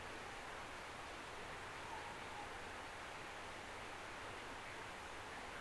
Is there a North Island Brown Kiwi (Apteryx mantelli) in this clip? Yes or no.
no